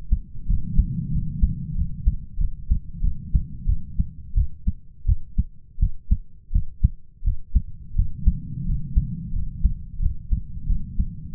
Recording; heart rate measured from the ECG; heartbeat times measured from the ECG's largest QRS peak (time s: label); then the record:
heart sounds by stethoscope; 88 bpm
0.47 s: heartbeat
1.11 s: heartbeat
1.75 s: heartbeat
2.38 s: heartbeat
3.01 s: heartbeat
3.66 s: heartbeat
4.34 s: heartbeat
5.06 s: heartbeat
5.79 s: heartbeat
6.51 s: heartbeat
7.23 s: heartbeat
7.95 s: heartbeat
8.65 s: heartbeat
9.33 s: heartbeat
9.99 s: heartbeat
10.66 s: heartbeat
11.34 s: heartbeat
From the record:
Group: healthy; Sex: male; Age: 33 years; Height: 179 cm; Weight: 80.4 kg